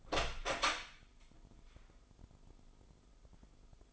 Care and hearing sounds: daily activity, microphone in the room; open door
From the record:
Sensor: 5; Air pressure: 996.2 hPa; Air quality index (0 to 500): 30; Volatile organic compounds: 1 ppm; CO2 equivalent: 549 ppm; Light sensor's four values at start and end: 43/102/42/44 and 43/101/42/44

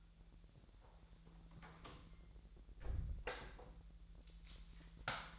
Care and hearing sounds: daily activity, microphone in the room; close door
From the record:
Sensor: 3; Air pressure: 1001.4 hPa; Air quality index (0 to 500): 250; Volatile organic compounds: 157 ppm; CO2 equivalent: 4054 ppm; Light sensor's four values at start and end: 12/29/12/12 and 12/29/12/12

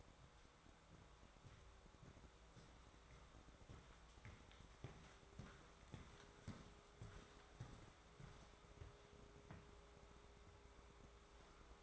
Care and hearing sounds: daily activity, microphone in the room; walk to room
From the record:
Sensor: 3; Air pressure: 1010.4 hPa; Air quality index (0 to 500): 166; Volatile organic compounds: 9 ppm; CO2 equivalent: 2172 ppm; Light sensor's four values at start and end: 42/104/46/52 and 41/101/45/50

